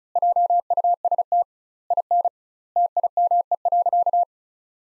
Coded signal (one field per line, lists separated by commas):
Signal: Morse code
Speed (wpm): 34 wpm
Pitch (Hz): 700 Hz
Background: none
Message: JUST IN TIME.